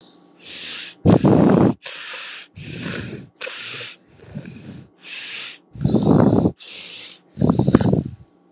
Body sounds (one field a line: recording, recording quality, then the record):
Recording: shallow breathing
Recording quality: excellent, no background noise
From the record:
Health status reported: recovered from COVID-19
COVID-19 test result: positive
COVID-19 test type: RT-PCR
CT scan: not taken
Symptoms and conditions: cough, cold, fatigue, loss of smell and taste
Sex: female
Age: 19 years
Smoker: no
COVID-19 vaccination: both doses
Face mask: worn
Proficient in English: yes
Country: India